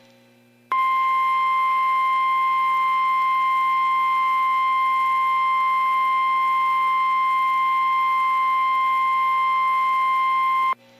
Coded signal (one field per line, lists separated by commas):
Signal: Emergency Alert System (SAME) tones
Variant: 1050 Hz attention tone